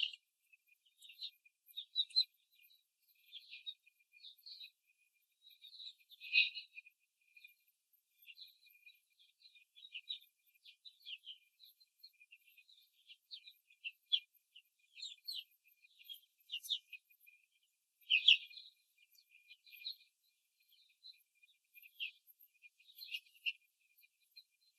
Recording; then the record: young laying hens in a cage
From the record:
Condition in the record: control cage, before the stress test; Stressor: none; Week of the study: 4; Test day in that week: 3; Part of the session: 3